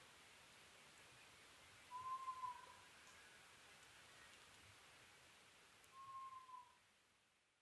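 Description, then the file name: Oriental scops owl calling, a short low hooting phrase given twice, about four seconds apart, over a quiet hissing background. Recorded on 21 May 2011 at 23:04, at night. "konohazuku-20110521-2304"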